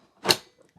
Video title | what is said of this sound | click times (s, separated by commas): HTVRONT A200 Auto Tumbler Heat Press for 10-40 oz tumblers | pops back in till you hear a click, and you're ready to go. | 0.3 s